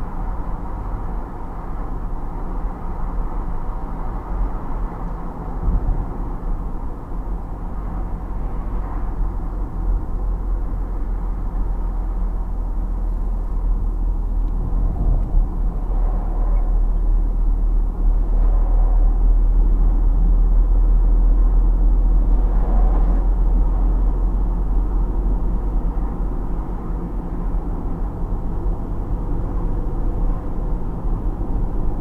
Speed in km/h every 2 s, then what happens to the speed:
50, 50, 50, 48, 48, 46, 44, 42, 40, 40, 42, 42, 44, 50, 51, 53.
0-18 slows to 40. 18-32 speeds up to 53.